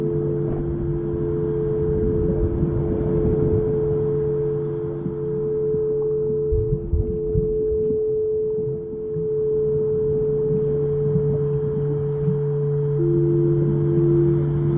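Singing bowls hum in a steady, unbroken drone, with a few sustained low tones holding for the full length and a higher tone brightening near the end. Beneath them a dense, rumbling low wash churns constantly, with brief heavier surges around seven seconds.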